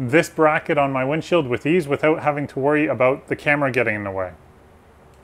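A dash camera is handled near its quick-release windshield mount bracket while someone talks for about four seconds, followed by quiet room tone with a faint tick at the very end. Nothing has seated or clicked yet.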